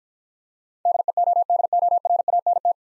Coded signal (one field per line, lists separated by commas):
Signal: Morse code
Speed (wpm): 50 wpm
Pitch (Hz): 700 Hz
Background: none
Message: DEODORANT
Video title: Easy Words - Speed-Racing with Hints - 40wpm